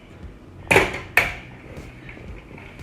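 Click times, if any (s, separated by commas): 0.7 s, 1.2 s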